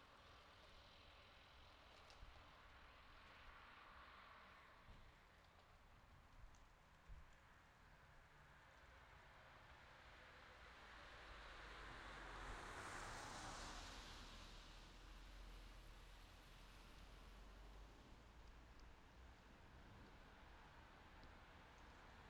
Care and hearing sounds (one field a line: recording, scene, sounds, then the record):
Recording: everyday scene through a hearing-aid microphone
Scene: in traffic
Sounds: traffic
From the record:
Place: city secondary road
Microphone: in the ear canal, left